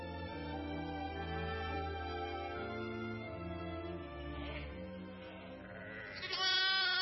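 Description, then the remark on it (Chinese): A lamb bleats in long, wavering, nasal cries with no one talking, ending in a louder, higher-pitched bleat, as a lion seizes the lamb from the flock. “哎呀，不好了，狮子，他抓走了我的一只小羊啊！”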